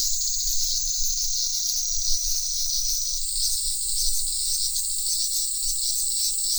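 Cicada droning in a constant high-pitched buzz whose tone shifts slightly partway through, with soft low rumbling underneath.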